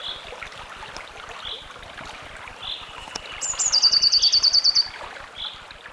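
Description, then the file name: Eurasian blue tit: a thin high note slides into a rapid trill of about a dozen bright notes, over steady rushing noise and soft repeated lower notes. "Cyanistes caeruleus"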